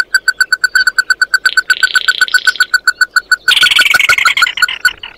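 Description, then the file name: Bird calls as a rapid, steady chatter of loud clipped notes, later overlapped by a harsh, rasping buzzy noise. "Tieng chim mat do"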